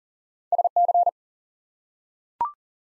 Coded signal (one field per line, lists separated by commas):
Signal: Morse code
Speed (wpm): 41 wpm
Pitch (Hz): 700 Hz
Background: none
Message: SC